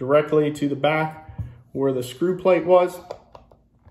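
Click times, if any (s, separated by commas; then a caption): 3.4 s. An outdoor security camera is pushed onto its wall-mounted bracket, onto the back where the screw plate is. Someone talks for most of the clip, then the plastic housing snaps into place with a sharp click at 3.4 s, followed by two faint ticks. The snap means the camera is seated and secure.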